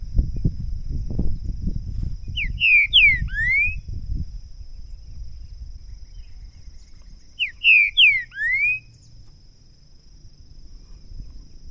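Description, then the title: Green-winged saltator singing two short phrases about five seconds apart, each a rapid run of four or five clear slurred whistles, with low rumbling noise underneath. Two trinca-ferro birds taken to the woods in 2022; calling, singing and macheando (male display song); used to warm up a bird and open its song for singing competition. "ESQUENTAR Seu TRINCA Piando, Cantando E Macheando Na DISPUTA. LEVEI 2 TRINCA FERRO NO MATO!! ABRIR O CANTO DO TRINCA FERRO!! 2022!"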